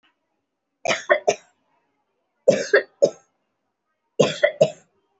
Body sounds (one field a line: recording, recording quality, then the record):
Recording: heavy voluntary cough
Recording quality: excellent, no background noise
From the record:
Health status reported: respiratory illness, not identified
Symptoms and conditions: breathing difficulty, another respiratory illness, hypertension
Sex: female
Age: 61 years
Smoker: no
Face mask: worn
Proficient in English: no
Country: India